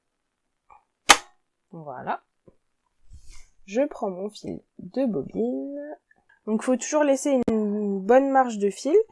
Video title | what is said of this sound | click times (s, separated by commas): La Surjeteuse Baby lock enlighten de coudreetbroder.com | Je tourne la bobine sur le côté vers moi. Jusqu'à ce qu'on entende un petit clac. | 1.1 s